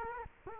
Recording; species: mosquito wingbeat signal from an infrared sensor; Culex quinquefasciatus